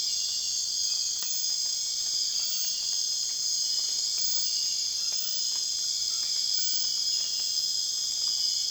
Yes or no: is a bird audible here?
no